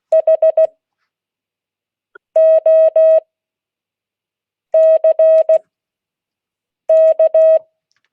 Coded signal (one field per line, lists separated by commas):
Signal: Morse code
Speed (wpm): 16 wpm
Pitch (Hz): 640 Hz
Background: none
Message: HOCK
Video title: Monday 2022-08-08 Morse code class